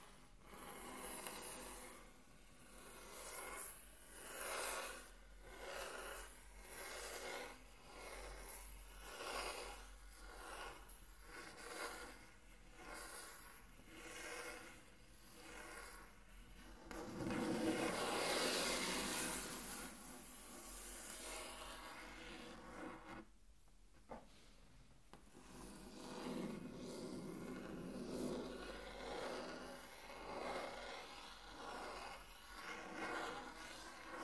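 Intense tracing on a table: a steady run of rhythmic rubbing strokes, roughly one per second, with a gritty, rasping edge. Around seventeen seconds a louder, continuous scrape takes over, a brief lull follows near twenty-four seconds, then the scratching resumes.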